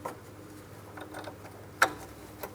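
A wiring harness electrical connector for the marker light on a 2003-2007 Cadillac CTS is lined up and pressed into its mating connector during headlight assembly replacement. After a faint tap near the start and some soft handling rustles, a sharp click at 1.8 s confirms the connector is seated, followed by a lighter tap near the end. There is no talk.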